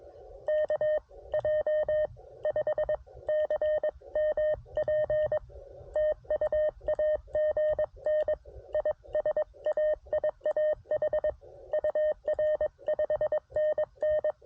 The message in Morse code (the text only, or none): KJ5CMP TU AGN ISAIAH UR 5NN